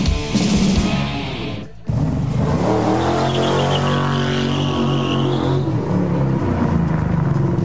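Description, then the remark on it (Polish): The 700-horsepower V8 engine of a Polish Arinera Husaria supercar revs hard and accelerates in third gear, its loud roar climbing in pitch, cutting out briefly, then surging again through a sustained, rising growl. “Ten samochód jest, jeździ, ale tak naprawdę jeździć dopiero ma.”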